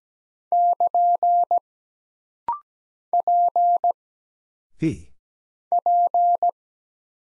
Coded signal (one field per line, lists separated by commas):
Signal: Morse code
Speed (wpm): 17 wpm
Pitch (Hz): 700 Hz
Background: none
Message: <KN> P P